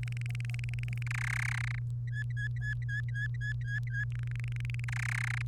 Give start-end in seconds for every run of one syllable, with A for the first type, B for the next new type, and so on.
0.03-1.08 A, 1.10-1.79 B, 2.08-4.04 C, 4.15-4.84 A, 4.88-5.42 B